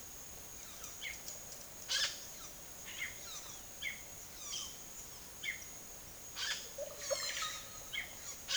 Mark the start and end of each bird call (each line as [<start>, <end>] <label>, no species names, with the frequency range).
[0.00, 1.17] bird call (0.7-8.7 kHz)
[1.86, 2.15] bird call (0.5-9.6 kHz)
[2.83, 5.60] bird call (0.6-8.9 kHz)
[6.30, 7.61] bird call (0.3-10.5 kHz)